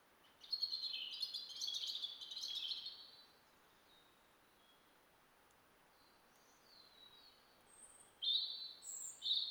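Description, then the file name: European robin singing thin, high, warbled phrases, a long jumbled burst near the start and then brief sparkling notes after a pause, over a steady soft hiss. "Erithacus rubecula"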